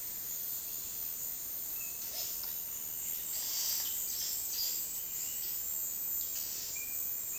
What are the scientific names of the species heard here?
none